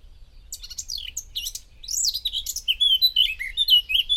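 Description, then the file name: Eurasian blackcap song beginning with thin, scratchy squeaks and building into a clear, loud, fluty warble of rapid descending whistles. "Sylvia atricapilla"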